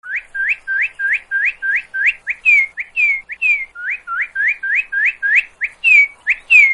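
Cardinal singing a rapid series of many clear, whistled slurred notes, with some longer downslurred notes mixed in.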